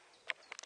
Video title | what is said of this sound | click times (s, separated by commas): Tartty tackle- Episode 2 | till it clicks and there's a Groove that it actually sits in | 0.3 s